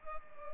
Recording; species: mosquito wingbeat signal from an infrared sensor; Culex pipiens